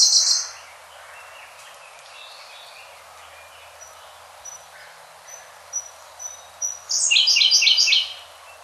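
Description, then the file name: Siberian blue robin song: a buzzy burst, then thin, spaced high ticking notes quickening into a loud, rapid rattling trill near the end. "koruri"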